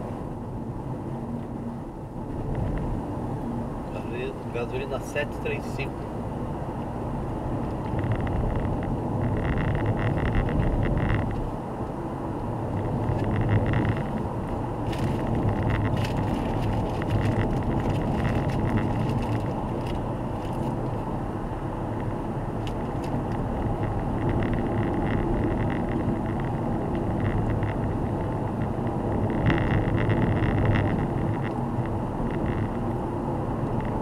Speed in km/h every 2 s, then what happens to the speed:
59, 60, 65, 69, 70, 72, 73, 75, 77, 78, 80, 80, 76, 78, 78, 80, 80.
0-20 speeds up to 80. 20-34 steady at about 80.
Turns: none.